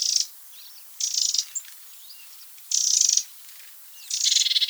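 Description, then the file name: Eurasian wren giving harsh, buzzy rattling calls, four short bursts over about five seconds, with faint thin chirps in between. "Troglodytes troglodytes"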